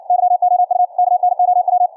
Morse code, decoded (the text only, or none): YOU KNOW